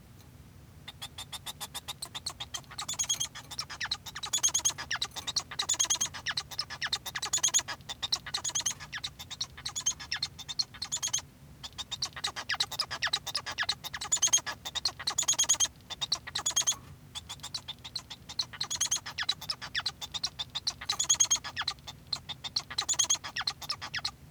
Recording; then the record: song of a male Bengalese finch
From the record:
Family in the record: son of father 1